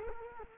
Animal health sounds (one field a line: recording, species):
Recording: mosquito wingbeat signal from an infrared sensor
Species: Culex quinquefasciatus